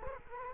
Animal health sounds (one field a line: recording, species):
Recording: mosquito wingbeat signal from an infrared sensor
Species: Culex quinquefasciatus